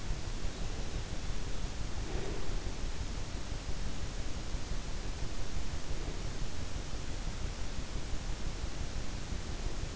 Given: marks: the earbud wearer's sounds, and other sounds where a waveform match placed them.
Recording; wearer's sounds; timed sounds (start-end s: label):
sounds in sleep by an in-ear microphone; breath
0.00-2.77 s: breath